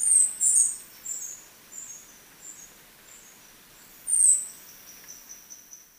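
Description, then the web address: Moss-backed tanager giving thin, very high sharp notes, a pair at the start and another near four seconds, with fainter notes between, over a steady high insect whine. Recorded in Ecuador. "Birds of Ecuador. Moss-backed Tanager"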